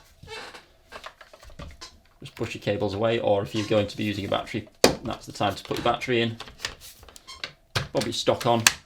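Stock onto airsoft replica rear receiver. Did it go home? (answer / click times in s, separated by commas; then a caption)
no / none. Someone talks while handling an airsoft replica, pushing cables aside before fitting the folding stock onto the rear of the receiver. Light handling knocks and taps are heard under the speech. The stock has not locked or clicked into place yet.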